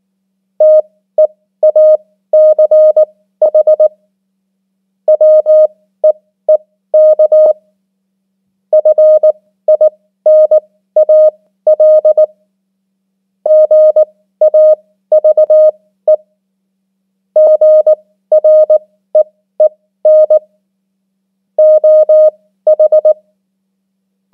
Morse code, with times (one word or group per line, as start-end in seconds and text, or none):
0.6-3.9 TEACH
5.1-7.5 WEEK
8.7-12.2 FINAL
13.5-16.1 GAVE
17.4-20.4 GREEN
21.6-23.1 OH